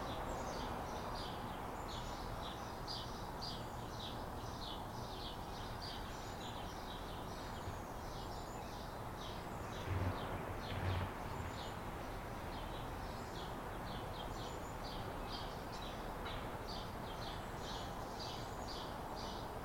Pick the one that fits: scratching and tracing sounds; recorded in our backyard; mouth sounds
recorded in our backyard